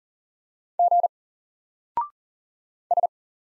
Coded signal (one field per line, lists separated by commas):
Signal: Morse code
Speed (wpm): 40 wpm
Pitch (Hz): 700 Hz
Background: none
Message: G S